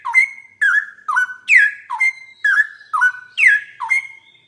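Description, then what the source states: Straw-headed bulbul song of bold, fluty whistles, each note sliding down or holding level, repeated steadily roughly twice per second. Male, singing prolifically with a loud voice and long 'roel' phrases; tutor (masteran) recording for training songbirds.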